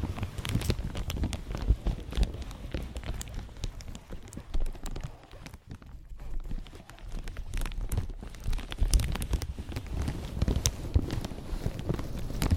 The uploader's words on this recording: ASMR Slow & Gentle Crinkle Triggers. (No Talking).